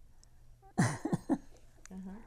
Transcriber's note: laughs